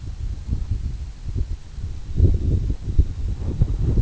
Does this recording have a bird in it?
no